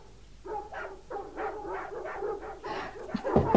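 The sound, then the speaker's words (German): Dogs bark in a quick, steady run of about eight high, yappy barks that grow louder and more excited toward the end, with no voices over them. “Seid ruhig. Es ist jemand an der Tür. Die Hunde sollen still sein.”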